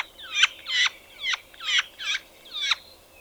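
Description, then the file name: Spotted nutcracker giving six gurgling, squeaky, creaking notes in about three seconds, each a twisted mix of nasal and whistled tones. "Tannenhäher Gesang"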